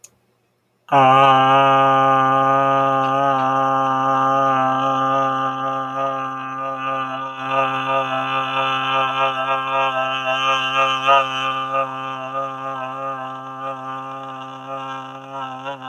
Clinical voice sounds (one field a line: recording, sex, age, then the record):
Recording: vowel held as long as possible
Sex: male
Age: 40 to 49 years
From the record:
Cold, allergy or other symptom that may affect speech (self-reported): no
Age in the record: 48 years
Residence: California, United States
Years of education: 14